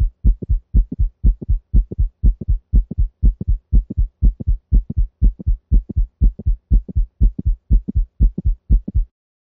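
Simulated dog heart sounds at a steady, fast 120 beats per minute. Each beat runs lub-click-dup: a short, sharp click falls between the first and second heart sounds. This is a mid-systolic click, as heard in mitral valve prolapse.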